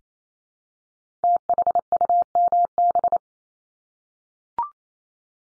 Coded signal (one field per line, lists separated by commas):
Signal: Morse code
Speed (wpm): 28 wpm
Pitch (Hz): 700 Hz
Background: none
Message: THUMB